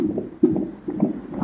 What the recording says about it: The sound of her baby's heartbeat at her 36-week pregnancy scan. I have only 4 weeks to go until I'm due.